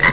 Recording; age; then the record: pig call; piglet (1 to 25 days)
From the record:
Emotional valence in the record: positive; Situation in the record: reunion after long isolation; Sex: male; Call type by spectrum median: low-frequency call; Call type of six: low-frequency tonal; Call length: 0.13 s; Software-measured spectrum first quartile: 1061 Hz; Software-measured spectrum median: 1923 Hz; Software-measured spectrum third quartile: 2617 Hz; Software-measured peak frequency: 1996 Hz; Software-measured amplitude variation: 81 dB a second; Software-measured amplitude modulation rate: 11.7 a second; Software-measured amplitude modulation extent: 6.9 dB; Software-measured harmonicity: 3.2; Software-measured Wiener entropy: -1.48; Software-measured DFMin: 907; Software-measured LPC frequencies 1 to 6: 1040, 1993, 3011, 4409, 5150, 5890 Hz